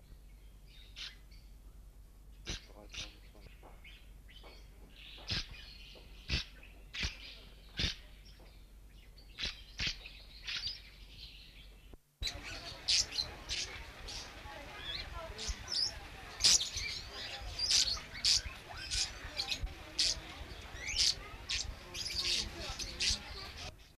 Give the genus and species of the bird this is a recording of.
Agapornis taranta